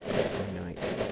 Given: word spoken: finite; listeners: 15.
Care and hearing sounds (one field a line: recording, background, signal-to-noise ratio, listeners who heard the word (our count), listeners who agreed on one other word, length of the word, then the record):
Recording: one English word in noise, from a listening test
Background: noise modulated by three-talker babble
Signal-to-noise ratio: -5.0 dB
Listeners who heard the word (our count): 3 of 15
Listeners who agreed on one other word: 7 of 15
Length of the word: 0.72 s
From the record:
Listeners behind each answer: 7, 3, 1, 1, 1, 1, 1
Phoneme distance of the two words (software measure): 14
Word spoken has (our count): 2 syllables, 5 phonemes, stress on syllable 1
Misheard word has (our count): 1 syllable, 3 phonemes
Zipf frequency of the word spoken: 3.02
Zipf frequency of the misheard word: 5.65